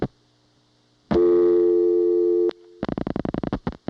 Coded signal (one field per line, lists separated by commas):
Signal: telephone call progress tone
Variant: North America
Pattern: dial tone